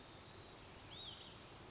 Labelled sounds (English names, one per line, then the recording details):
Olive-sided Flycatcher
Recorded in Sonoma County, California